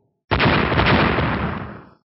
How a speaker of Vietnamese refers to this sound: Tiếng nổ như sấm rền vang lên, cấm chế trước người rung lắc dữ dội, sau đó nổi lên vô số vết rạn.